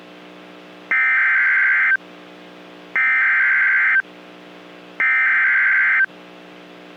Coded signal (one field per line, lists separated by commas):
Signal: Emergency Alert System (SAME) tones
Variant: header bursts